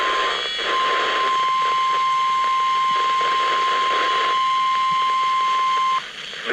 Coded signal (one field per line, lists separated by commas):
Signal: Emergency Alert System (SAME) tones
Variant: 1050 Hz attention tone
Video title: EAS #240- Required Weekly Test on WXK48